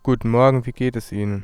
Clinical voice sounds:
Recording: spoken sentence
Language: German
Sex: male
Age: 20 to 29 years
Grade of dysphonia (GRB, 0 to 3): 0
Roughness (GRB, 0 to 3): 0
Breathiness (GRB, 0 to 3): 0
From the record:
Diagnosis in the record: healthy voice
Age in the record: 28 years

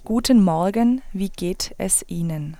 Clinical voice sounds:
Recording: spoken sentence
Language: German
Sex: female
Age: 20 to 29 years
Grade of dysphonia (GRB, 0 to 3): 1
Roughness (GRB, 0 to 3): 1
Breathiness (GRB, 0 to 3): 0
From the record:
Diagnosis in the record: dysodia (singing voice disorder)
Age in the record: 21 years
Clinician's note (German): Beginnende Phonationsverdickung, links größer rechts

